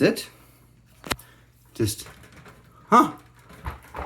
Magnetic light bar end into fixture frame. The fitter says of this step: wow it just snaps right into place and like the magnet kind of sucks it right in hmm